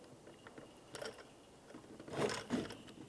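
The fuel level float arm is aligned and pressed into the plastic locking tabs on a new fuel pump sending unit for a 2002-2009 Chevrolet Trailblazer. Soft plastic ticks are heard at about 0.5 s and 1.0 s, followed by louder scraping and handling noises around 2.1–2.6 s. Nothing has seated or clicked yet.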